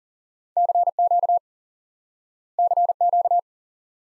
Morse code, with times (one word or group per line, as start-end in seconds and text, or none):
0.6-1.4 CQ
2.6-3.4 CQ